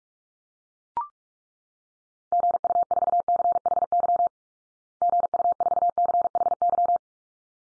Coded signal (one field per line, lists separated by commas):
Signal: Morse code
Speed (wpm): 44 wpm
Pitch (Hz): 700 Hz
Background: none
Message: GU4CHY GU4CHY